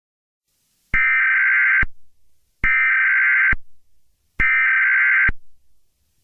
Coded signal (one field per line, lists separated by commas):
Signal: Emergency Alert System (SAME) tones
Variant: header bursts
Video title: EAS Scenario #6: Jeff the Killer.